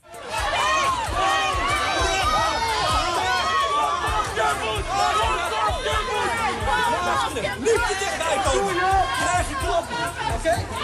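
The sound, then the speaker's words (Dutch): A dense crowd of pro-Palestinian protesters shouts and clamors as police break up their tent camp in the courtyard of the Oudemanhuispoort in Amsterdam: loud and sustained, with overlapping yells and chatter forming a continuous agitated roar. “Krijg je klappen, schreeuwt iemand. En die klappen die vielen er ook.”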